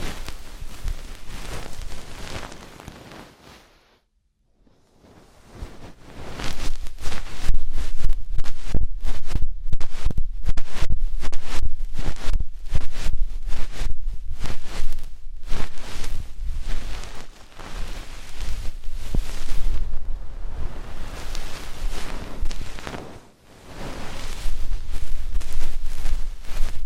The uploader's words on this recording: ASMR INTENSE Deep Ear Cleaning (No Talking).